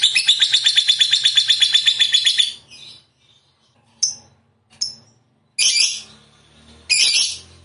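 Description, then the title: Lovebird song opening with over two seconds of fast shrill pulsed chatter, followed by quiet gaps, a few brief chirps and two short harsh bursts. Lovebird described as a 'fighter' type and 'gacor', meaning singing energetically. "Berkat SUARA Lovebird FIGHTER GACOR Ini"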